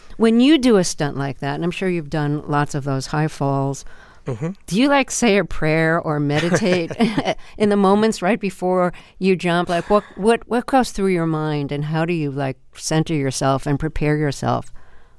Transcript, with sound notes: When you do a stunt like that, and I'm sure you've done lots of those high falls, do you like, say a prayer or meditate...
(Laughter).
...In the moments right before you jump? Like, what goes through your mind, and how do you, like, center yourself and prepare yourself?